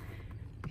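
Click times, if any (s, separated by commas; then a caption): 0.6 s. A custom Z71 airbag cover on a Silverado steering wheel is pressed in by hand until it snaps home. Over a low rumbling background, a faint tap sounds at 0.3 s, then a sharp click at 0.6 s as the cover seats, confirmed as snapped on straight with no gap.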